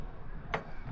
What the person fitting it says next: See, it kind of clicks in by itself and then holds up.